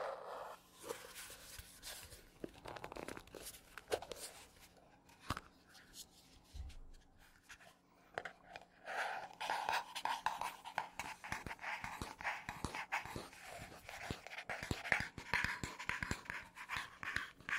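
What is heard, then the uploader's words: Scratchy tapping on matte surfaces, sparse at first then quicker and denser after eight seconds, with rough scraping strokes and a faint steady hum. Scratchy Tapping on 3 Matte Surfaces (NO TALKING).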